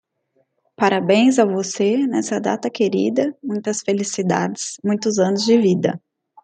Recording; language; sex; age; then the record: short text; Brazilian Portuguese; female; 30 to 39 years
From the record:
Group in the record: control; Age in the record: 32 years